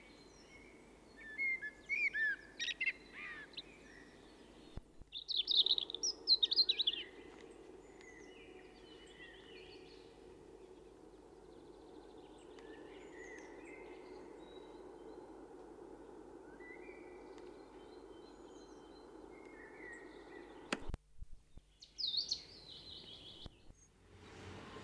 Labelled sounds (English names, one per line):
Common Blackbird song